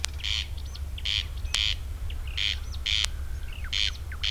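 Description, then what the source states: Corn crake calls in harsh paired rasps, repeated steadily, over faint chirps from other birds and a low background hum. Recorded 3 June 2016.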